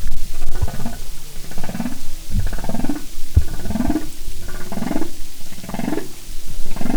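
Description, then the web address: Humpback whale grunts: a series of short, low, rising upsweeps over a rumbling background. "Sound and Marine Mammals humpback"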